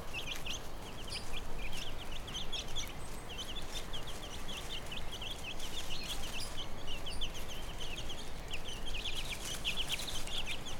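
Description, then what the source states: Chicken chicks keep up a continuous run of thin, high, falling peeps, several each second and thickening toward the end, over low background hum. Hen with her chicks, Brownsea Island.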